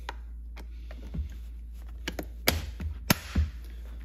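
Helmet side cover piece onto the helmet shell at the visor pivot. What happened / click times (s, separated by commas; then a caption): The plastic side cover snapped onto its pivot / 2.5 s, 3.1 s. A plastic side cover piece with small pins is lined up and pressed onto the second side of an Icon Airflite Quarterflash helmet shell, over the visor pivot. Light taps and handling sounds lead to sharp snaps at 2.5 s and 3.1 s. The side piece is fully seated.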